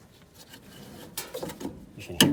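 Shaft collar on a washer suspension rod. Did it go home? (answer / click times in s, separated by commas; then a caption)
yes / 2.2 s. A white shaft collar fitted onto the suspension rod of a GE washer, being repaired for a grinding noise during the wash, is pushed home amid soft handling and rubbing sounds, with a brief knock at about 1.2 s. A sharp, short snap at 2.2 s marks the collar seating in place, and the fit is confirmed as done.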